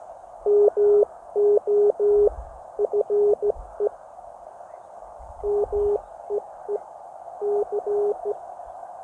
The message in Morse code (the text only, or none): MOFE MEE C